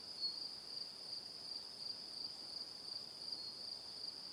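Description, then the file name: Crickets form a steady high-pitched drone with faint pulsing chirps woven through it. Evening. "Calm - Evening Crickets"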